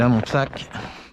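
A waterproof Decathlon Itiwit dry bag is being fastened to its mount on an inflatable boat while someone talks. The bag is handled but not yet home; nothing has seated or clicked yet.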